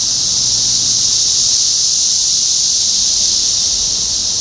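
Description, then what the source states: Cicadas in a steady, piercing buzz that never pauses, a faint low hum in the background. Recorded in Topeka, Kansas, on 14 June 2015.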